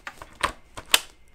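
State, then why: Seated. A plastic quick-connect on one end of a blanket's hose is plugged into the back of a heating-cooling control unit, with soft handling rustles and small knocks before it. A sharp click comes at 0.9 s as the connector seats. It is locked in.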